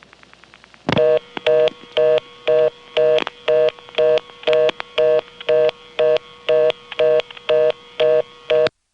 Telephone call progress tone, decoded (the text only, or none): reorder tone